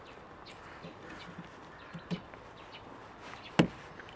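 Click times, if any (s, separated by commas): 3.6 s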